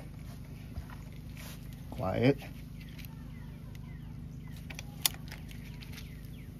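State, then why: Released. On a Toyota 2.4L inline 4-cylinder 2AZ-FE engine, the crankshaft is turned slowly counterclockwise with a wrench until the timing chain tensioner plunger's knock pin disengages from its hook. Someone talks over a low steady hum, and a sharp click at 5.1 s marks the plunger releasing free of the hook.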